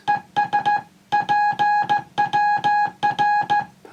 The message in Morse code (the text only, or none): ES PWR